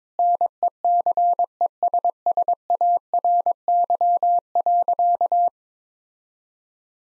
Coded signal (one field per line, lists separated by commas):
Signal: Morse code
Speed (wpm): 21 wpm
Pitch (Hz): 700 Hz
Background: none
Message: NECESSARY.